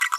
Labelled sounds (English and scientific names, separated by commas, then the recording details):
Green-rumped Parrotlet (Forpus passerinus) babbling
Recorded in a nest box in Venezuela
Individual 18B25A4